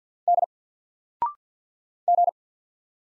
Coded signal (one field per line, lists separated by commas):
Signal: Morse code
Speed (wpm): 50 wpm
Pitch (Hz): 700 Hz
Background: none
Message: D G